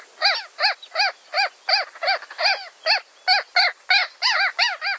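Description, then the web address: Ross's gull calls, a steady run of short, nasal, arched yelps, roughly three per second, harmonically rich. "Songs of Birds of North America Stokes. Rosss Gull"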